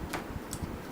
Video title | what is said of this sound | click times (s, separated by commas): MGI Hydra Custom Build Part 4 | it and you'll hear click in actually you'll | 0.1 s, 0.5 s